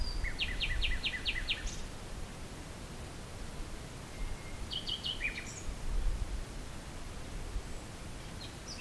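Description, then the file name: Common nightingale singing: a short burst of rapid repeated notes, later another brief trill and scattered chirps, over strong low-frequency rumble. "usignolo"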